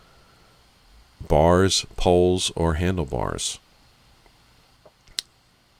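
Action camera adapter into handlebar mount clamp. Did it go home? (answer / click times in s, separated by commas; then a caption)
yes / 5.2 s. A Sametop GoPro action camera adapter is fitted into a handlebar or ATV rack mount clamp while someone talks from about 1.2 to 3.6 seconds. After a few faint ticks, a single sharp, loud click at 5.2 seconds marks the adapter seating and locking in very well.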